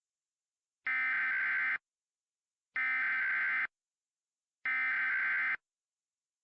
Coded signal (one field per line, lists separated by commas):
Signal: Emergency Alert System (SAME) tones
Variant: header bursts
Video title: *VALID TONES* Lake Michigan Tsunami (EAS Scenario)